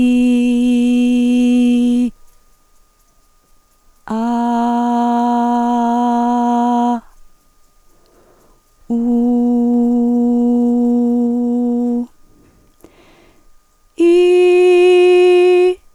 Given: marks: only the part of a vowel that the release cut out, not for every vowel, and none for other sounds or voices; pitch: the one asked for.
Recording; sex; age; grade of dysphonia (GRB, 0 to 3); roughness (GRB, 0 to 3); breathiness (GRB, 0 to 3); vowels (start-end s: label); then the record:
sustained vowels; female; 50 to 59 years; 1; 1; 1
0.00-1.93 s: vowel /i/, normal pitch
4.53-6.43 s: vowel /a/, normal pitch
9.38-11.35 s: vowel /u/, normal pitch
14.28-15.49 s: vowel /i/, high pitch
From the record:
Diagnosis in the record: dysodia (singing voice disorder); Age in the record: 50 years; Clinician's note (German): Leichte Asymmetrie